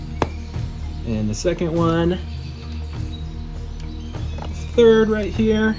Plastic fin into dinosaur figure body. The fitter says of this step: click this first one in